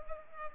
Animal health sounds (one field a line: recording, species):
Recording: mosquito wingbeat signal from an infrared sensor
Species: Culex pipiens